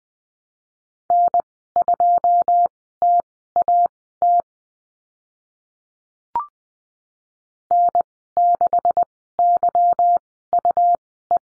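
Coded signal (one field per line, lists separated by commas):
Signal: Morse code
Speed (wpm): 20 wpm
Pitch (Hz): 700 Hz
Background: none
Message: N2TAT N6YUE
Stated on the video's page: Morse course lesson on letter Y with call signs, Farnsworth speed 20/10wpm.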